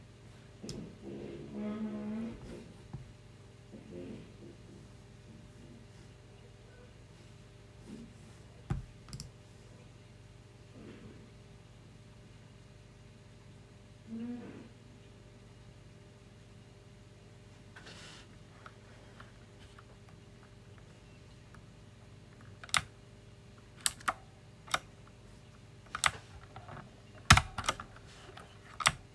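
A mechanical keyboard is worked in scattered bursts: a short stretch of voice-like sound near the start, then isolated clicks and thumps around 4, 9, 14 and 18 seconds. Sharp, bright keystrikes cluster after 22 seconds. A steady low hum runs underneath throughout.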